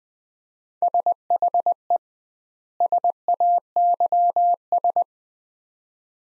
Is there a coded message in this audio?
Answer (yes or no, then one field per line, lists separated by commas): yes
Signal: Morse code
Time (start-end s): 0.8-5.0 s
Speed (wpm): 21 wpm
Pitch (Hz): 700 Hz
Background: none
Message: SHE SAYS